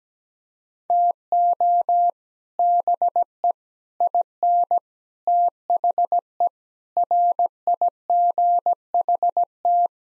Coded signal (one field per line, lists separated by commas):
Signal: Morse code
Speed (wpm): 17 wpm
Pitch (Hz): 700 Hz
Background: none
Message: TO BE IN THE RIGHT